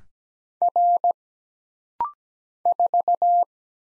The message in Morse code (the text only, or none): R 4